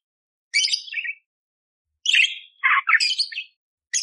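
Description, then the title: Budgerigar chatter: harsh squawky bursts and warbled notes, a short phrase then a pause, followed by several mixed chirps and a lower rasping note, with a clean silent background. Masteran recording for training songbirds: clear, energetic, rough shot-like fill phrases, suited to tutoring magpie-robins; one hour long. "Masteran Burung Parkit Gacor Jernih Full Isian Tembakan Kasar Cocok Buat Kacer"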